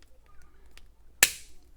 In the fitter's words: And then push until you hear it click.